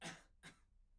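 A short, explosive cough from an adult: a strong first burst followed about 0.4 seconds later by a weaker second burst, both with a harsh, airy quality. An ordinary two-part cough in a quiet small room.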